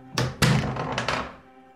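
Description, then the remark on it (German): A heavy door is opened on command in a radio drama scene with Martin Luther, with a series of dull wooden thunks and clunks, two strong knocks early on and two softer ones after, each ringing briefly before fading out. “Öffnet die Tür!”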